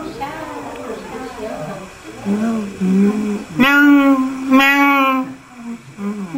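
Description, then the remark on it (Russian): After a stretch of talking, voices imitate a peacock's call twice: two loud, sustained, nasal cries with a wavering pitch, separated by a short gap, before the talking resumes. “Кришна забрался наверх и стал кричать павлинам. Как кричат павлины?”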